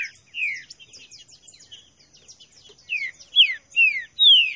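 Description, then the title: Green-winged saltator song: a loud descending whistle, soft busy high twittering, then a run of loud descending whistles near the end. Classic song style (canto clássico), used for training. "Canto Clássico Trinca Ferro TREINAMENTO"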